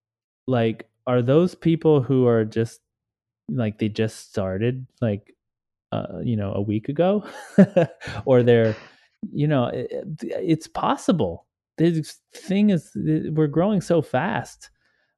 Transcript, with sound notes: like, are those people who are just like, they just started like, you know, a week ago? (laughing) Or they're, you know, it's possible. This thing is, we're growing so fast.